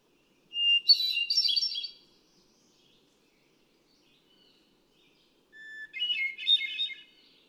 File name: Hermit Thrush